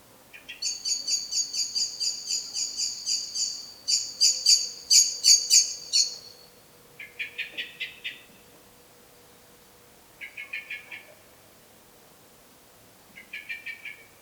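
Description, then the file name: Common blackbird in a loud, fast rattling chatter for about six seconds, followed by three shorter chattering bursts separated by pauses. "Turdus merula"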